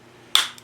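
A small fan is pushed into a blue plastic fan holder for a DIY greenhouse and snaps into place with a sharp, bright snap at 0.4 s. A faint, much softer tick follows at about 0.6 s, with quiet low hum before and after.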